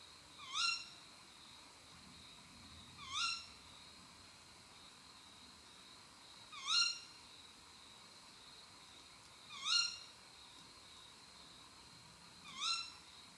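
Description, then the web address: Tawny owl gives a series of five sharp, upslurred nasal calls, roughly every three seconds, with a constant thin high tone in the background. Female; call of a nocturnal raptor. "canti rapaci notturni canto verso femmina allocco strix aluco tawny owl waldkauz carabo comun chouette hulotte"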